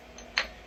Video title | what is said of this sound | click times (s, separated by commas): Making Soft Jaws for My Soft Jaws on the SYIL X7 | Clicks in place | 0.4 s